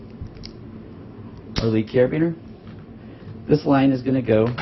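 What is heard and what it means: A rope loop on a rescue rigging system is clipped into the lead carabiner, and the gate clicks shut with a single sharp hit at 0.5 s, seating the loop. Someone then talks.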